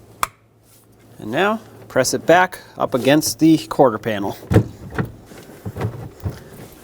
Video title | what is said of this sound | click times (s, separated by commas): How to Replace Rear Blower Motor 2008-2020 Dodge Grand Caravan | now we can plug in the electrical connector again line it up make sure it clicks | 0.2 s